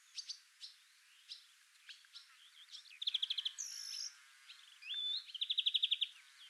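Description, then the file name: European greenfinch giving scattered chirps, then two fast trilled bursts near the end, with a short rising whistle between them; faint background twitters. "Chloris chloris"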